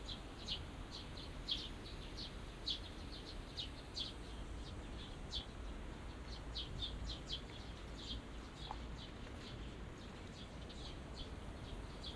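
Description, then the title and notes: Small birds chirping, short high notes repeated throughout at a quick uneven pace, over a constant low hum. Small garden in a corner of Yushima Tenjin shrine, Tokyo, Japan, surrounded by buildings, after rain; binaural. "小鳥のさえずり、雨上がりの庭園にて（Binaural）- Birds singing in the garden. 湯島天神の片隅にある小さな庭園で録音しました。"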